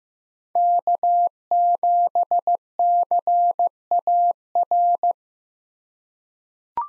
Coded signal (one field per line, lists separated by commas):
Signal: Morse code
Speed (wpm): 15 wpm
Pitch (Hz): 700 Hz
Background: none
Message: K7CAR